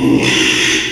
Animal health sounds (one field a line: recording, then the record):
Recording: squeal of a Yucatan mini pig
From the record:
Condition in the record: after surgery on the right vocal fold (resection and tissue-engineered implant)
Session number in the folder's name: 1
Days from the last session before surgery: 6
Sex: male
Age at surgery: 12 weeks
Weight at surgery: 13 kg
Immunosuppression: cyclosporine, prednisolone